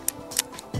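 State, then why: Seated. The webbing sling of a Petzl Eject arborist friction saver is threaded through the device's hook and pushed in until it clicks, with sharp clicks at 0.1 s and 0.4 s. A fainter tick follows near 0.6 s, then a soft low thump at the end. The sling is seated in the hook and all set.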